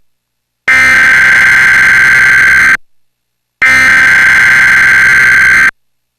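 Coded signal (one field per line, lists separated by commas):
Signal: Emergency Alert System (SAME) tones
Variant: header bursts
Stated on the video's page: Child abduction alert broadcast on television in the DC area, pre-empting programming.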